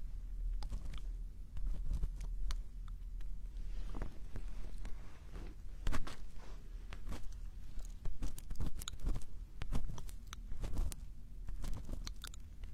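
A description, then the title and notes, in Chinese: Ear cleaning, heard as a steady low rumble under a stream of short scratchy clicks and scrapes. The clicks come irregularly, several per second, with sharper, brighter pops around the fourth, sixth and ninth seconds, and loudness stays fairly even throughout. 掏耳朵。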